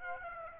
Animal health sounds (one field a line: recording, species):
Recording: mosquito wingbeat signal from an infrared sensor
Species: Aedes aegypti